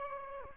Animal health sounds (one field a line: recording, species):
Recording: mosquito wingbeat signal from an infrared sensor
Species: Aedes aegypti